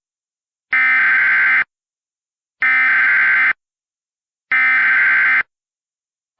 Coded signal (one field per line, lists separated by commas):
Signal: Emergency Alert System (SAME) tones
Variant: header bursts